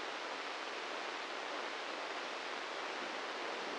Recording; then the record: brain microelectrode recording played as sound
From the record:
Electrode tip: inside the subthalamic nucleus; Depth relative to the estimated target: 2 mm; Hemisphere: left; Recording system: NeuroSet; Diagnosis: Parkinson's disease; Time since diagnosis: 15 years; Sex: male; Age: 65 years